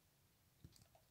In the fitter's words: a little click pop